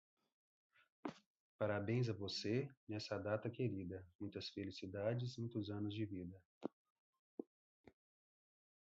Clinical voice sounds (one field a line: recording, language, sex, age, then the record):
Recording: short text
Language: Brazilian Portuguese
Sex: male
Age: 40 to 49 years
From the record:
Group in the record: control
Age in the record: 46 years